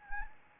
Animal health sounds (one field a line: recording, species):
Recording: mosquito wingbeat signal from an infrared sensor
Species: Anopheles arabiensis